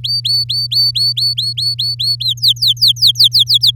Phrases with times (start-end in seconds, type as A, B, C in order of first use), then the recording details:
0.03-2.16 A, 2.20-3.71 B. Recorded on 9 May 2018 at 10:58. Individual llb16